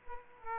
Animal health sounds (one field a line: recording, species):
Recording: mosquito wingbeat signal from an infrared sensor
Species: Aedes aegypti